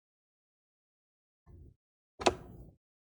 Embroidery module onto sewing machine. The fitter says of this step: you'll hear it snap in